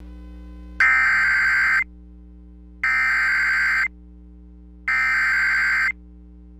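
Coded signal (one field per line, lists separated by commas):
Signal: Emergency Alert System (SAME) tones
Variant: header bursts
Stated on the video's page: Real severe thunderstorm warning received on FM station 93.3.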